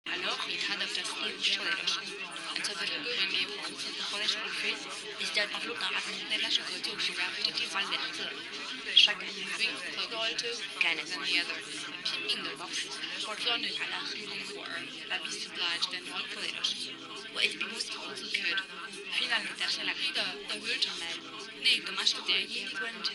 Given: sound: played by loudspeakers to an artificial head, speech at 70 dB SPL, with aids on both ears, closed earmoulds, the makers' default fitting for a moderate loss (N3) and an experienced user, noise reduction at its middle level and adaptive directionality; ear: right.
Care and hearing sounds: speech test signal (ISTS) in cocktail-party noise; -6 dB; on the right (90 degrees)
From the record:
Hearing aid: class 2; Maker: B

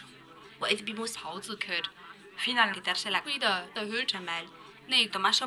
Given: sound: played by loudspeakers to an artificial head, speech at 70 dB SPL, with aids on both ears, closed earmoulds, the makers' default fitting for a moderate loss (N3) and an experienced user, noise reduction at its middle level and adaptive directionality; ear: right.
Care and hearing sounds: speech test signal (ISTS) in cocktail-party noise; +9 dB; on the right (90 degrees)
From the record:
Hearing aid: class 1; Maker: E

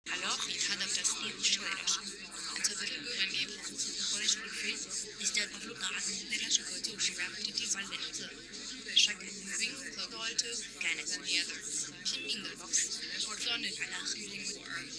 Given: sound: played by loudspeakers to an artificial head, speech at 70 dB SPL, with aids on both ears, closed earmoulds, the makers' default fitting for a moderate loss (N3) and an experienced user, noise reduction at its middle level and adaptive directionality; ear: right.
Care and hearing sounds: speech test signal (ISTS) in cocktail-party noise; -6 dB; on the right (90 degrees)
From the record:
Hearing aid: class 1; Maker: H

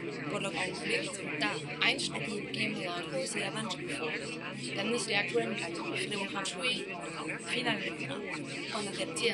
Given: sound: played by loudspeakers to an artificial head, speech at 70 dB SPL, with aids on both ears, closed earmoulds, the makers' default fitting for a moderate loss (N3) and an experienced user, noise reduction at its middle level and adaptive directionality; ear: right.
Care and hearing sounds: speech test signal (ISTS) in cocktail-party noise; -6 dB; in front (0 degrees)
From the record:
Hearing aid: class 2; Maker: C

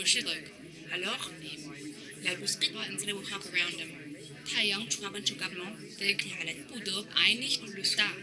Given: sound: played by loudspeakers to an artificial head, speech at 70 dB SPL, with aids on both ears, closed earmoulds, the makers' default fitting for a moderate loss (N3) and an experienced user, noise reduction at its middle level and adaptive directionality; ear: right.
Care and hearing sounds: speech test signal (ISTS) in cocktail-party noise; 0 dB; in front (0 degrees)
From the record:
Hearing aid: class 2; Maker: J

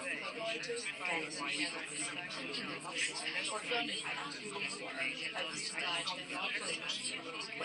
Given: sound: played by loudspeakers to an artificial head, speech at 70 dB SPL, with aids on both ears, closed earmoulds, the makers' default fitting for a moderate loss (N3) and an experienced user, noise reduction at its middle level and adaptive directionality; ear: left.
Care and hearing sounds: speech test signal (ISTS) in cocktail-party noise; -3 dB; on the right (90 degrees)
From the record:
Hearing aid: class 2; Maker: I

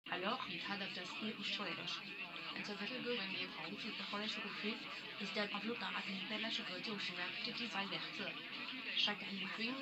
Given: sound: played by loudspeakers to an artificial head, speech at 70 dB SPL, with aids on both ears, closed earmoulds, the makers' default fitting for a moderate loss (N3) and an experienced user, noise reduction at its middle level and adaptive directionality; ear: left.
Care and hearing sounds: speech test signal (ISTS) in cocktail-party noise; +6 dB; on the right (90 degrees)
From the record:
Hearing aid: class 1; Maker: D

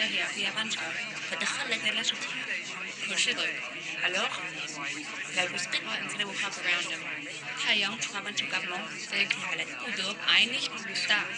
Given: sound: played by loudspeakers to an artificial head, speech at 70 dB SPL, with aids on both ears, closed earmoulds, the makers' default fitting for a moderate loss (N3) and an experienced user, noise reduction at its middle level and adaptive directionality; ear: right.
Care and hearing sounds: speech test signal (ISTS) in cocktail-party noise; 0 dB; in front (0 degrees)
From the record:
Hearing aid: class 2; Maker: G

